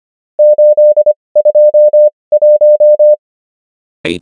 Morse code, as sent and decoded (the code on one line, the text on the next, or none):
---.. ..--- .----
821